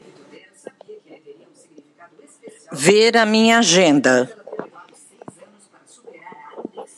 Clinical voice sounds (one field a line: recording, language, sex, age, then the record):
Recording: spoken sentence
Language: Brazilian Portuguese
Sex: female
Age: 60 to 69 years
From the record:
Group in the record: control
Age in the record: 66 years